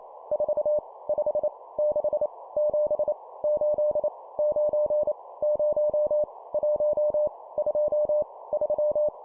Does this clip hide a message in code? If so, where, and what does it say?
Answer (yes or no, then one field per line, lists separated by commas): yes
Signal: Morse code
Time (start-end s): 0.3-9.1 s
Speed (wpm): 28 wpm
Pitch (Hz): 600 Hz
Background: none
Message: 4 5 6 7 8 9 0 1 2 3